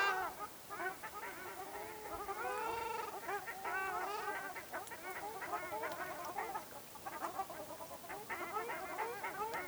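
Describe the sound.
Ruddy shelduck calls, many nasal, bending honks from a flock, loudest in the middle, steady chattering throughout.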